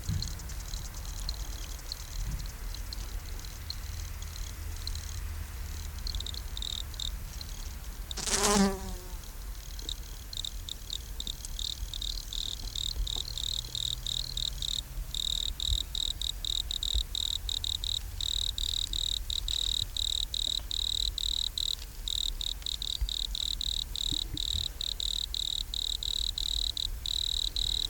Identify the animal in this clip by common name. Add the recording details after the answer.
Wood Cricket. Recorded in the wild. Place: Gößweinstein, Fränkische Schweiz, Bayern, DE. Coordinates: 49.72, 11.07. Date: 1995-09-06 10:29. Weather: schwach sonnig, 16,6°C. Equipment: Nagra SN, Sennheiser ME 80, Kopie Uher 4000 Report Monitor. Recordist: Tembrock, Günter